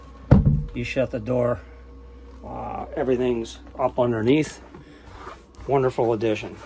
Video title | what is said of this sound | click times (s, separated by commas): Our upgrades Winnebago Micro mini 2100BH | Then it slides back in, locks in place. | 0.3 s